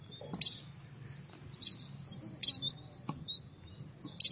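Red-throated parrotfinch gives sharp, very high chip notes, four or five in a few seconds, against a soft low rumble.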